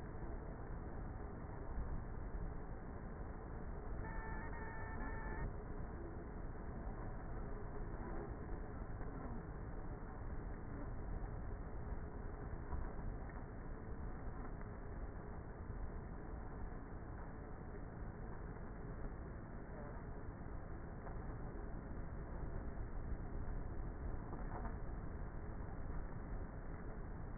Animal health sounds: honeybee colony, microphone inside the hive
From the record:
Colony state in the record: queenless with a low population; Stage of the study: before two queens were removed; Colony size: about 30,000 bees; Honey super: no

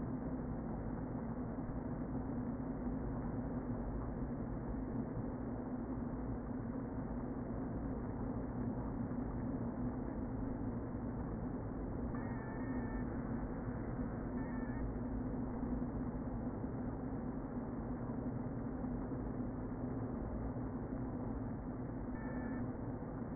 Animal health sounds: honeybee colony, microphone inside the hive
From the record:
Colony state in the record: queen present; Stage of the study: before two queens were removed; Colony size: about 60,000 bees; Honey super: yes

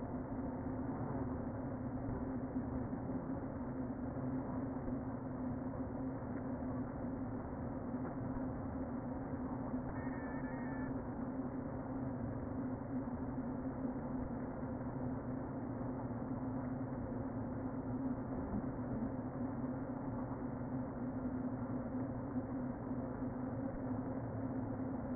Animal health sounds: honeybee colony, microphone inside the hive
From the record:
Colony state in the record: queen present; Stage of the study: before two queens were removed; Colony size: about 60,000 bees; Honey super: yes

